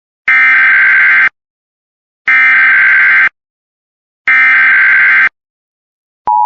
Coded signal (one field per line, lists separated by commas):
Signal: Emergency Alert System (SAME) tones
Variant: header bursts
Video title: EAS tornado warning with another rare human voice.